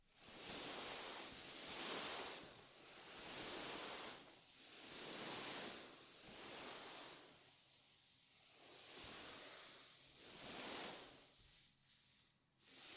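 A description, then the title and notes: A deep ear massage: soft, hissing rubbing strokes that swell and fade in slow, wave-like passes about every two seconds. The middle stretch, around eight to ten seconds, is quieter and thinner, and a brief near-silent gap falls just before the end. ASMR Sleep With Deep Ear Massage (No Talking).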